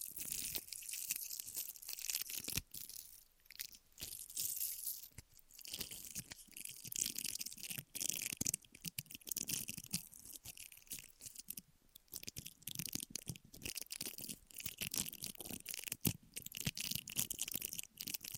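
Ear massage and cleaning sounds: dense, scratchy brushing and rubbing with bright hiss, broken by frequent sharp crackles and taps. The strokes come in irregular bursts with brief softer pauses, steady in character across the whole stretch, with no other sounds behind.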